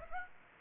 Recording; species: mosquito wingbeat signal from an infrared sensor; Aedes aegypti